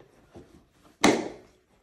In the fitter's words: going to take the clamp, we're going to push it down, and we're going to close it with a firm click